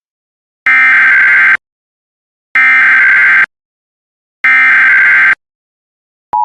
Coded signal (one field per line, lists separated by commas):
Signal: Emergency Alert System (SAME) tones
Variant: header bursts